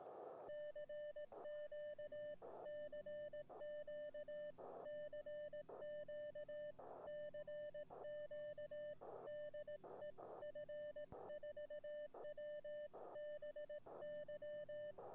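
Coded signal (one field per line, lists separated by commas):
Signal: Morse code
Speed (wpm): 18 wpm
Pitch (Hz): 1800 Hz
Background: none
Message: CQ CQ CQ CQ DE F4WBY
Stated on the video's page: Live stream with Morse code contacts on an Elecraft K1.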